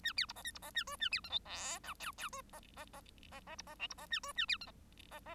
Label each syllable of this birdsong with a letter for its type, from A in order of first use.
A B C D E C D A F A B G H I J K K F D D D D D C D L C D A F A B G D D